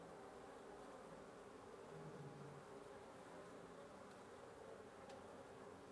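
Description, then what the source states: Wasps humming in a continuous massed buzz, with a faint lower tone briefly heard near the middle. Wasp nest under the roof of a residence in Antigua Guatemala, Guatemala; recorded in the morning.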